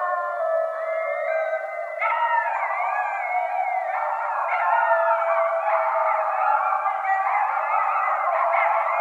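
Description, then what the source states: Coyotes howl, one steady note breaking into a louder group chorus of wavering, sliding howls and yips that continues to the end. Several coyotes recorded at night on 16 January 2012.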